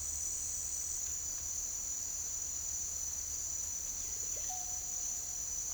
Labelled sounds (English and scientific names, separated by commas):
Russet-backed Oropendola (Psarocolius angustifrons)